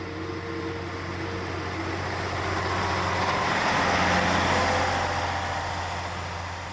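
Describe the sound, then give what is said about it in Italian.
A truck engine, the truck arriving in Urbino to transport the artworks, rumbles with a steady low drone and broad roar, growing louder as it approaches, peaking around the middle and easing slightly toward the end. No voices. “A Urbino Rotondi è in attesa frenetica che arrivi il camion che trasporterà le opere.”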